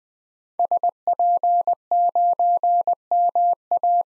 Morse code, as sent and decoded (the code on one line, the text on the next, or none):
... .--. ----. -- .-
SP9MA